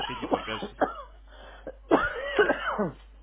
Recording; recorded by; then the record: voluntary cough; telephone call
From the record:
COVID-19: positive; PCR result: checked with the laboratory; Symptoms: yes